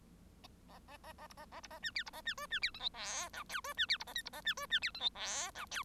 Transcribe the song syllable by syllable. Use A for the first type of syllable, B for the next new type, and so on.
A A A A B A A B A C D B A C E C D F G H I J E C D B A K B A C E C D F G H I J